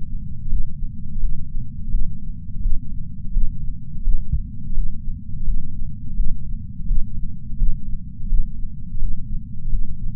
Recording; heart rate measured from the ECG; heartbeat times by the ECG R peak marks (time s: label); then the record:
heart sounds by patch sensor on the chest; 85 bpm
0.51 s: heartbeat
1.22 s: heartbeat
1.92 s: heartbeat
2.63 s: heartbeat
3.34 s: heartbeat
4.05 s: heartbeat
4.76 s: heartbeat
5.46 s: heartbeat
6.17 s: heartbeat
6.88 s: heartbeat
7.59 s: heartbeat
8.30 s: heartbeat
9.01 s: heartbeat
9.71 s: heartbeat
From the record:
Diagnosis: coronary artery disease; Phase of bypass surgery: postoperative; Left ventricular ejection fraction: 63%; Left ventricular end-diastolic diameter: 47 mm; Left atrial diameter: 42 mm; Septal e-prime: 6.9 cm/s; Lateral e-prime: 10.4 cm/s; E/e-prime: 10.3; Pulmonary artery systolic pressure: 20 mmHg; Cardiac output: 7.8 L/min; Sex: female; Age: 70 years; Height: 164 cm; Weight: 70 kg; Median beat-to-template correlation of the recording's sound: 0.88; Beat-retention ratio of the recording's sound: 1.00